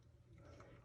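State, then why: Seated. An insulin syringe, lined up yellow to yellow, is pushed down into a plastic auto-injector body. A short, sharp tick sounds at 0.6 s as it clicks into place and will go no further, leaving the syringe seated.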